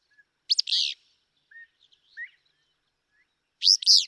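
Willow flycatcher song: two sneezy, burry phrases about three seconds apart, with a few faint chips between them.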